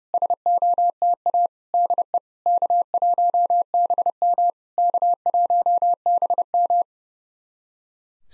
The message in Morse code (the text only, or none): SOTA DE K1BM K1BM